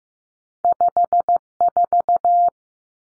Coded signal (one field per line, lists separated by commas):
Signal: Morse code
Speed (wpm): 15 wpm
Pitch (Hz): 700 Hz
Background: none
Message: 54